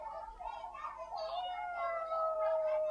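A cat with one blue eye and one black eye meows in a long, drawn-out, wavering cry that slides downward in pitch and then holds steady, fairly loud with no talking over it.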